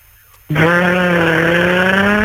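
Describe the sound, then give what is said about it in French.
After a brief quiet moment, a voice suddenly launches into a loud, buzzing imitation of a Porsche sports car engine, holding a steady revving drone whose pitch creeps slowly upward. “Tu peux nous faire une Porsche ou pas pour voir?”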